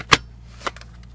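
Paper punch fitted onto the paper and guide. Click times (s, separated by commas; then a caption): 0.1 s. After the paper is taped down, a craft paper punch is pushed onto the paper and guide until it clicks into place with a sharp, loud snap at 0.1 s. A softer knock follows at 0.7 s, then a few faint ticks. The punch is seated and ready to be used.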